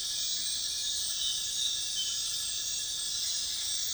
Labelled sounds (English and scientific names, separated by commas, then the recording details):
none
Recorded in dense forest near Puerto Asís, Putumayo, Colombia, on 21 February 2024 at 00:00
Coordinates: 0.502, -76.324
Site G6370